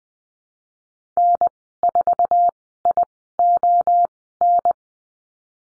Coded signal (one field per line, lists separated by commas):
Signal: Morse code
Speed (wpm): 20 wpm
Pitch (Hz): 700 Hz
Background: none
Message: N4ION